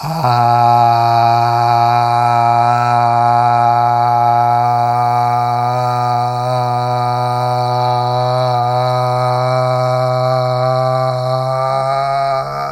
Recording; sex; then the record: sustained vowel /a/; male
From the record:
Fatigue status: no fatigue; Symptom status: asymptomatic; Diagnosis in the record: COVID-19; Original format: m4a